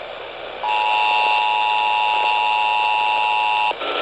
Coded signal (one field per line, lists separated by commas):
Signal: Emergency Alert System (SAME) tones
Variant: 853 and 960 Hz attention tone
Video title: Eas svr on kwkh 1130am Eas#640